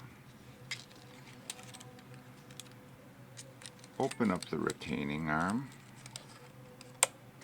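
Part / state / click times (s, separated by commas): film retaining arm on a 16mm movie camera spool mount / seated / 7.0 s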